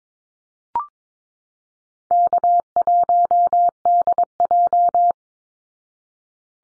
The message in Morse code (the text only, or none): K1DJ